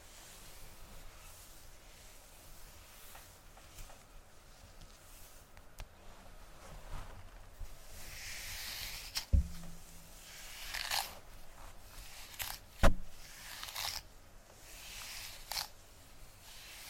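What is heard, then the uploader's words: Soft hair play and brushing: quiet rustles and airy swishes come in uneven bursts, growing busier after about eight seconds. Two sharper clicks or taps stand out near nine and thirteen seconds, with a faint low hum underneath throughout. ASMR HEAHAIR Wig Review Hair Play & Hair Brushing.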